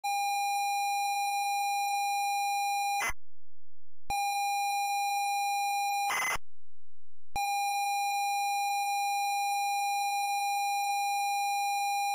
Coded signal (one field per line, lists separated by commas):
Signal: ZX Spectrum tape loading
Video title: Me loaded on the ZX Spectrum